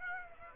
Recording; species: mosquito wingbeat signal from an infrared sensor; Aedes aegypti